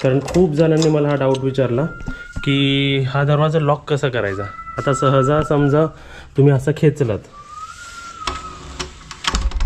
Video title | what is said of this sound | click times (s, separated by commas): एक हजार रुपयात खाऊन पिऊन राहू शकता होमस्टे मध्ये - Rs1,000 for Food and Stay in Homestay | आणि हे उघडू शकतं बघा हे लॉक नाही झालंय | none